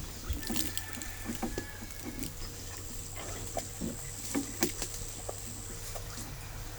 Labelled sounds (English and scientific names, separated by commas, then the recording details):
none
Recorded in pastures near Puerto Asís, Putumayo, Colombia, on 26 December 2024 at 10:30
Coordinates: 0.497, -76.327
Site G088